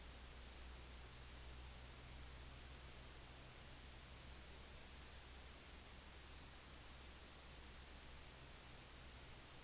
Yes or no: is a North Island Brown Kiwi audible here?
no